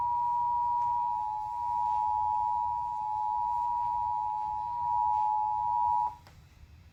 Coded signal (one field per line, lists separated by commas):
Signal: Emergency Alert System (SAME) tones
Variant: 853 and 960 Hz attention tone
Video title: EAS #451: Severe Thunderstorm Warning - Indiana (7/16/2023) (WTTV)